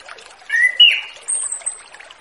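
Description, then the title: Orange-headed thrush giving a brief whistled phrase of two slurred notes, followed by a thin high drawn-out whistle, with faint hiss behind. Orange-headed thrush in relaxed ngeplong song style, used as a lure for young birds just leaving their spotted plumage stage. "Anis Kembang Ngeplong Santai , Untuk Pancingan Anis Kembang Lepas Trotol"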